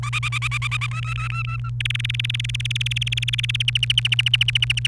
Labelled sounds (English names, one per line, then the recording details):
Domestic Canary song
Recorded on 29 April 2018 at 11:03
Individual llb3